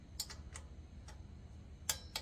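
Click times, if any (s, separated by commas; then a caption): 1.9 s. A click-type torque wrench set to 130 (inch-)pounds tightens a breather bolt into the cylinder head of a Harley motorcycle engine, alternating between bolts. Short metallic ticks sound at about 0.2, 0.6 and 2.2 seconds, and the loudest, sharpest click comes at 1.9 seconds. That click is the wrench reaching its setting, confirming the bolt is torqued.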